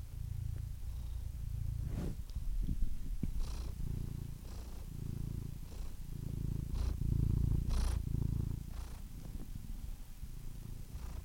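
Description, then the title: Domestic cat purring unevenly, a low rumble with irregular breath pulses and a few small clicks and rustles. "The Ultimate Compilation of Adorable Cat Meows 🐱😺 #CatMeows #CuteKittens"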